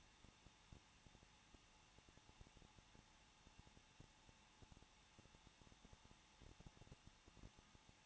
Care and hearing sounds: daily activity, microphone in the room; no activity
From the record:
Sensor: 1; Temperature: 20.1 degrees Celsius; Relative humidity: 39.2%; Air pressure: 1006.3 hPa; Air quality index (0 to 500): 218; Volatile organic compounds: 78 ppm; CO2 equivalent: 3594 ppm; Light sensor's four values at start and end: 1/2/1/1 and 1/2/1/1

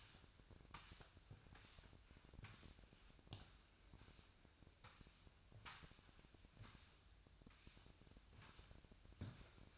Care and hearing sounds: daily activity, microphone in the room; sweep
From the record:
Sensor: 2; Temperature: 24.9 degrees Celsius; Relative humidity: 39.7%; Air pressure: 1001.5 hPa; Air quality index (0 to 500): 227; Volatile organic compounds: 26 ppm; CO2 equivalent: 2852 ppm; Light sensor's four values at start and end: 8/26/10/10 and 8/27/10/10

